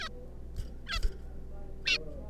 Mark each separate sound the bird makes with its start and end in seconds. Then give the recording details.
0.01-0.08, 0.87-0.99, 1.85-1.98. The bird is a juvenile. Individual R3549